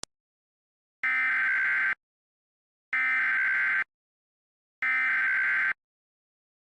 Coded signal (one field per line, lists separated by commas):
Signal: Emergency Alert System (SAME) tones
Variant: header bursts